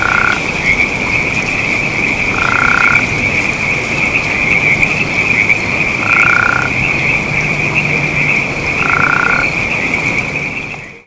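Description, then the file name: Western spadefoot giving brief purring, snore-like trills a few seconds apart, four in total, against a constant high-pitched insect hum. "speahammondii"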